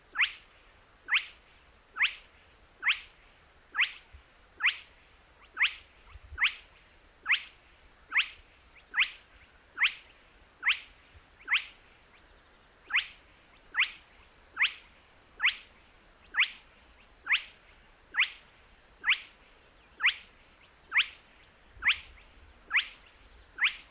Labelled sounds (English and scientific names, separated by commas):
Spotted Crake (Porzana porzana)